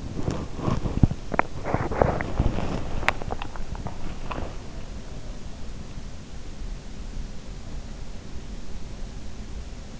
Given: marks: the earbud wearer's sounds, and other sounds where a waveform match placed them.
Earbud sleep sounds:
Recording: sounds in sleep by an in-ear microphone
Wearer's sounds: teeth grinding, swallowing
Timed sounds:
0.00-1.10 s: teeth grinding
1.33-3.00 s: teeth grinding
3.03-4.99 s: swallowing

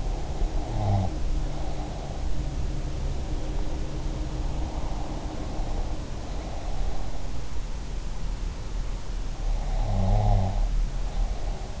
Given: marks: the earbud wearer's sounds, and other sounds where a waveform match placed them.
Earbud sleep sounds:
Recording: sounds in sleep by an in-ear microphone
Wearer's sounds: breath, snoring breath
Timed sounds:
0.00-2.33 s: breath
0.58-1.24 s: snoring breath
9.66-11.80 s: snoring breath

